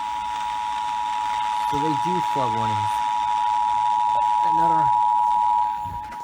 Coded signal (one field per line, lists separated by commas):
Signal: Emergency Alert System (SAME) tones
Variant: 853 and 960 Hz attention tone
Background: speech